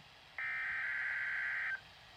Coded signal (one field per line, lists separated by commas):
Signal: Emergency Alert System (SAME) tones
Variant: header bursts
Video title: [EAS #224] TS Isaias | Tropical Storm Warning (KWO35)